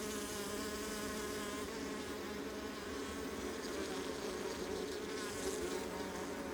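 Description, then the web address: Honey bees droning together, a constant layered buzz with a steady low hum. Honey bee colony recorded close up on the Adriatic coast, northern Mediterranean. "Ivo Vicic - Northern Mediterranean soundscapes - Adriatic sea. Honey bee colony close"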